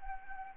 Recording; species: mosquito wingbeat signal from an infrared sensor; Anopheles arabiensis